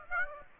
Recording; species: mosquito wingbeat signal from an infrared sensor; Aedes aegypti